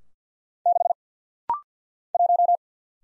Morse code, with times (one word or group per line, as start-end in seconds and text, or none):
0.7-0.9 6
2.1-2.6 1